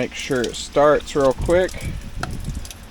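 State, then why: Seated. In heavy rain, someone handles an EV charging connector at a car's charge port and talks while checking that charging starts. A sharp click is heard at 2.2 s, followed by faint ticks, and the connector is confirmed seated with charging underway, though the click may be the charger's relay switching on rather than the plug latching.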